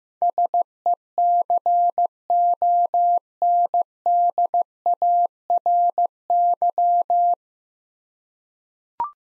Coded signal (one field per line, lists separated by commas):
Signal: Morse code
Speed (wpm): 15 wpm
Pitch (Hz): 700 Hz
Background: none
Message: SECONDARY